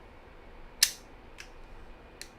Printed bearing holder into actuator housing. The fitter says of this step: Right. That's the satisfying click sound. So, this one went in perfectly well.